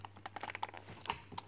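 On a Jaguar X300, the exterior door mirror glass is pulled slightly and pushed back onto its clip-in backing on the mirror housing. Light plastic taps and knocks sound over a steady low hum, with sharper ticks near 0.6 s and 1.1 s. Nothing has seated or clicked into place yet.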